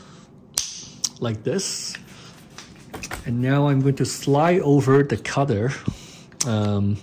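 A small cable-retaining clip on a Shimano Dura-Ace ST-R9180 brake shifter, mounted on a Tririg Alpha basebar, is pressed in over the cable to lock it. The clip gives two sharp clicks at 0.6 s and 1.1 s and seats, followed by a few faint handling taps. Someone then talks.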